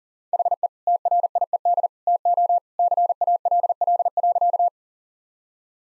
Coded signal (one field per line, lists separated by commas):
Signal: Morse code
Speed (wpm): 40 wpm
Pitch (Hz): 700 Hz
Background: none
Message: HE TRIED TO CALL.